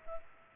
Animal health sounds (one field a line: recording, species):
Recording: mosquito wingbeat signal from an infrared sensor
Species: Culex pipiens